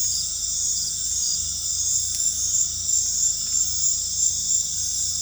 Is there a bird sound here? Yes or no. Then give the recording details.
no. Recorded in dense forest near Puerto Asís, Putumayo, Colombia, on 18 December 2024 at 20:30. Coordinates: 0.481, -76.323. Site G100